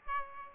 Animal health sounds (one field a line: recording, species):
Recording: mosquito wingbeat signal from an infrared sensor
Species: Aedes albopictus